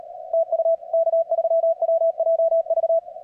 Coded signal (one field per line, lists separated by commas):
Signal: Morse code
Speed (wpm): 38 wpm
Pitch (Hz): 690 Hz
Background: none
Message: TU K3WJV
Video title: 1-4-24 0300 NEW YEAR NEW CWT 80M 103/103